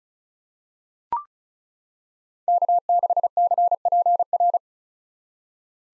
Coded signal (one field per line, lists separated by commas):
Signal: Morse code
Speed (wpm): 34 wpm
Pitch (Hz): 700 Hz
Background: none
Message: K6CPR